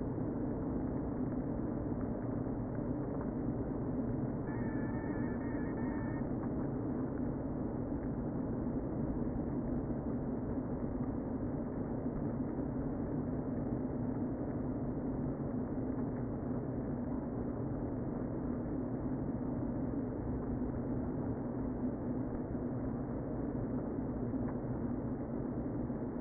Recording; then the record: honeybee colony, microphone inside the hive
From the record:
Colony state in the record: queen present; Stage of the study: before two queens were removed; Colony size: about 60,000 bees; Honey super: yes